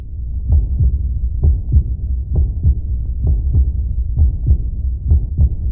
People Heart Beat Sound Effect.